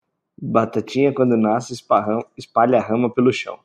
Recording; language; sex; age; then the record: short text; Brazilian Portuguese; male; 20 to 29 years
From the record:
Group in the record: control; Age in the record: 28 years